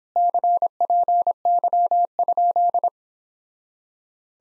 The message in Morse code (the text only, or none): CPY?